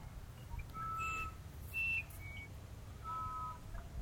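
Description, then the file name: Musician wren giving a few pure whistled notes, two of them long and level, separated by pauses, with low background rumble. "uirapuru"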